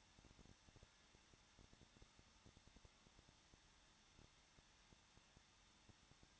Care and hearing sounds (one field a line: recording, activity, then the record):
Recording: daily activity, microphone in the room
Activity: no activity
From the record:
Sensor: 3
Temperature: 21.2 degrees Celsius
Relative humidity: 36.5%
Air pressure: 1006.4 hPa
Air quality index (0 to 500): 224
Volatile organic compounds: 44 ppm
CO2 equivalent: 3215 ppm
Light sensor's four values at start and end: 2/3/2/2 and 2/3/2/2